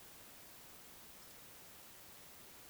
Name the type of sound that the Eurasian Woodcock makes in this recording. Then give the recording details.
whistle. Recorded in Baden-Württemberg, Germany, on 21 June 2020 at 02:23 UTC. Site 49006, 684 m above sea level